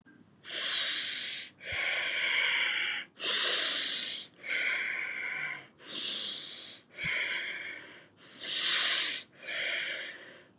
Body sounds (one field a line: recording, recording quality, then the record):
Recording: deep breathing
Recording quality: excellent, no background noise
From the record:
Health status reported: exposed to COVID-19, no respiratory illness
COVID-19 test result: negative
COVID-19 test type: RT-PCR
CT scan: not taken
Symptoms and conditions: none ticked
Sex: female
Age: 25 years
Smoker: no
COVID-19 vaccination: both doses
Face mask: not worn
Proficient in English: yes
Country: India